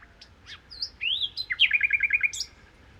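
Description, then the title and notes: Common nightingale song: soft notes leading into a drawn-out rising whistle, then a fast rattling trill of repeated notes. Nightingale song recorded 1 May 2019 in the Crau, Bouches-du-Rhône, France, with a Nagra Seven recorder, comparing cardioid (MKH8040) and omnidirectional (MKH8020) microphones. "Crau - Bouches du Rhône. Rossignol philomèle"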